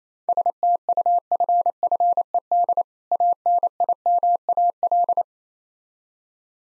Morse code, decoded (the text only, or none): STUFFED ANIMAL